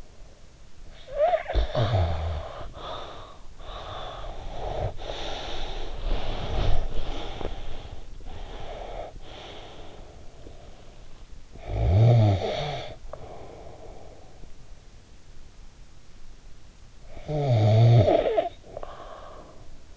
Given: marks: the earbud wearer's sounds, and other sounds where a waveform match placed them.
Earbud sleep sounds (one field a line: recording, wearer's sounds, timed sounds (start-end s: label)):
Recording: sounds in sleep by an in-ear microphone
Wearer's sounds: snoring breath, breath, body movement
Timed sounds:
0.84-3.56 s: snoring breath
3.56-11.13 s: breath
5.84-6.90 s: body movement
11.36-14.73 s: snoring breath
16.71-19.96 s: snoring breath